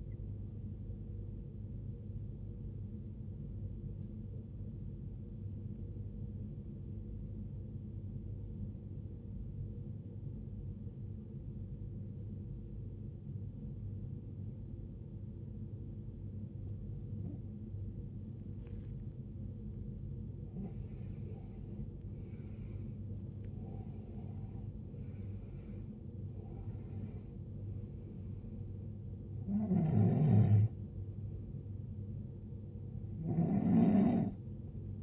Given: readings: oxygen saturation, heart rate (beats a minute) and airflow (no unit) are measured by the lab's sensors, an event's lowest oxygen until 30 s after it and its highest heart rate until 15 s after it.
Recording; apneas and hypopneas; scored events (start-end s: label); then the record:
breathing in sleep by a smartphone at the bedside; 1
4.00-21.60 s: obstructive apnea (N1, oxygen 94% highest, then 88% lowest, heart rate 71 at the start, 76 highest)
From the record:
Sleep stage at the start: N1 (lightest sleep); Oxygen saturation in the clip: 90 to 94%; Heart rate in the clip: 58 to 76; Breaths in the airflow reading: 4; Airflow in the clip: -16.1 to 15.0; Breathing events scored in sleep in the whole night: 389 in 6.3 hours asleep